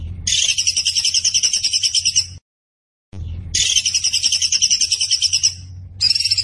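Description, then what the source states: Zebra finch song: two long, dense, buzzing trills of high pulses broken by a silent gap, then a third burst starting, with low background hum. Tembakan bird singing actively (gacor); master recording used for training cage birds.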